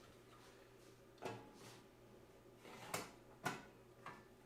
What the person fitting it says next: Clicks right in. All right, nice.